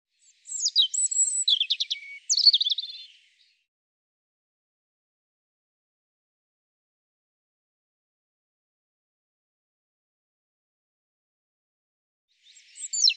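European robin song: a high, tumbling phrase of sweet whistles and quick trills, then long silence before another phrase begins at the very end.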